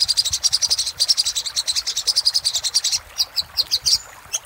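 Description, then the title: Little spiderhunter giving a fast, steady train of high sharp chips, then slower spaced notes near the end. Used for training cage birds. "Masteran Burung Sogok Ontong Labaik"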